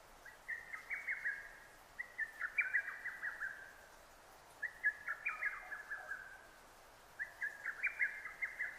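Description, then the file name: Lesser cuckoo song of four chattering whistled phrases, each a hurried string of sharp notes, separated by short pauses over low background noise. Recorded 6 June 2009. "hototogisu-20090606"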